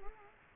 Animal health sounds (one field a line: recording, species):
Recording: mosquito wingbeat signal from an infrared sensor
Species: Culex quinquefasciatus